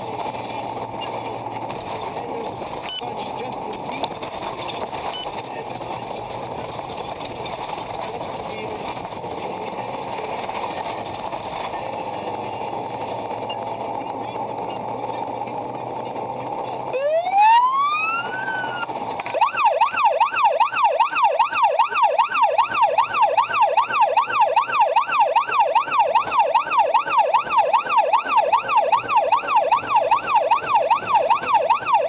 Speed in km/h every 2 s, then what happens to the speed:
74, 66, 48, 48, 55, 62, 68, 75, 81, 79, 53, 42, 55, 66, 77, 85.
0-4 brakes to 48. 6-17 speeds up to 81. 17-21 brakes to 42. 22-32 speeds up to 85.